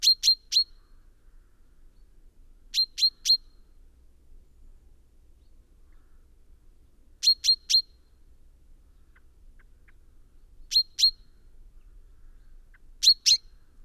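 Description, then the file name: Common chaffinch uttering short bursts of two or three sharp notes, spaced a few seconds apart. "Fringilla coelebs"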